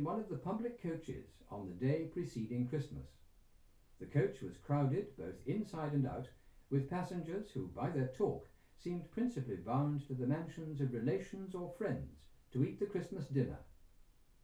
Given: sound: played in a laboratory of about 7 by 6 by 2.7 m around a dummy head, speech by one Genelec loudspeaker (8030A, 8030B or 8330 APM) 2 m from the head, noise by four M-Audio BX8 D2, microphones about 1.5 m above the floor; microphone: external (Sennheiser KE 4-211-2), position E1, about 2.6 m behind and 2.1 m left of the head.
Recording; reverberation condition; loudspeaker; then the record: male speech in English; low; 120 degrees to the left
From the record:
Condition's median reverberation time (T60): about 310 ms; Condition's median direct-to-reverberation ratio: about 3.5 dB